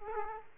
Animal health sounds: mosquito wingbeat signal from an infrared sensor; Culex quinquefasciatus

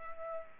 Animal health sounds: mosquito wingbeat signal from an infrared sensor; Aedes aegypti

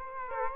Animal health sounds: mosquito wingbeat signal from an infrared sensor; Culex quinquefasciatus

